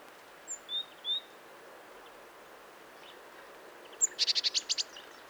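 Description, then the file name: Great tit calling: a few thin high whistles, then a rapid burst of several sharp notes near the end. "Parus major"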